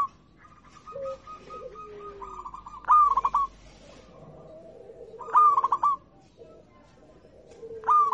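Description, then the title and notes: Zebra dove cooing phrases with a rolling stutter of short notes, repeated every two to three seconds, with softer lower coos and drawn-out notes in the background. Local-type (lokal) zebra dove song. "Kicau Perkutut Lokal 1. Kicau Burung Perkutut"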